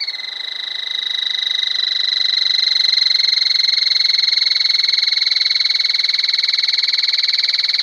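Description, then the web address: Trilling Tapaculo giving one unbroken, high, rapid trill that runs for the whole eight seconds, steady in pitch and swelling slightly in loudness early on. Recorded in South America. "S America Trilling Tapulco"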